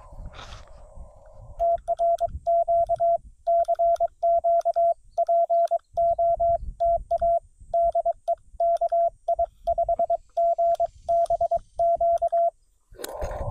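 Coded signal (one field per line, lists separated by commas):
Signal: Morse code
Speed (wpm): 22 wpm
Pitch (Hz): 680 Hz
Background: radio noise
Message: TRQ CQ POTA DE KI5GBQ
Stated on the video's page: CW park activation on 20 meters in tough band conditions, Xiegu G90 at 20 watts into an end-fed half-wave antenna.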